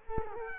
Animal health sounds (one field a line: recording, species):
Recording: mosquito wingbeat signal from an infrared sensor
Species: Culex quinquefasciatus